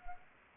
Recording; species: mosquito wingbeat signal from an infrared sensor; Anopheles arabiensis